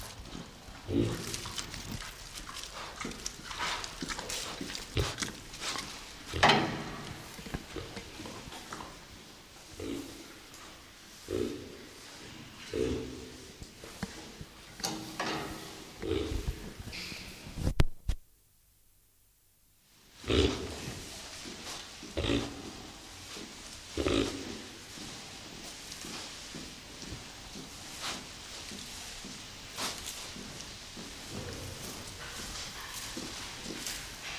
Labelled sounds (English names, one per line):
White-lipped Peccary call